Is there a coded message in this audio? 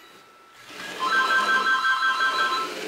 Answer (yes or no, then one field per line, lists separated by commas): no